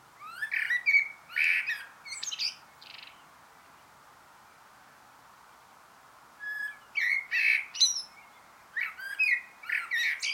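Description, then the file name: Common blackbird delivering three separate song phrases, each a mellow fluty warble finishing in high, scratchy squeaks, with a long pause after the first phrase and a short one before the last. "Turdus merula"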